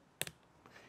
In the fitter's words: and you hear it click it's on there and it's not coming off